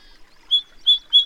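Bird song: three short, bright whistled notes at a steady high pitch, given in quick succession against a quiet background.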